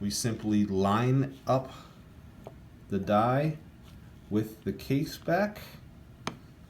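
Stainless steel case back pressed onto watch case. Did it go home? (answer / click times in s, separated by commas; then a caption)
yes / 6.3 s. A press die is lined up on the stainless steel case back of a Bulova quartz watch, and a case press is squeezed to push the back onto the case while someone talks. A sharp click at 6.3 s marks the case back snapping shut and seating.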